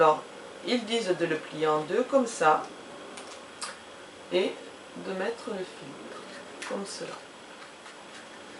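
A paper filter, folded in two, is set into position in the filter holder of a Megahome water distiller during its first use, before it is pressed under the clips. Someone talks over faint handling sounds. Nothing has seated or clicked yet.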